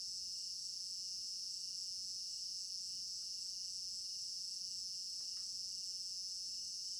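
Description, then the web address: Cricket chorus of continuous shrill trilling, one lower pulsed line throbbing beneath, and a brief faint knock about five seconds in. Crickets in an African village garden at night; stereo binaural recording. "African-Village Garden Night Crickets Stereo-Binaural. immersive sound library"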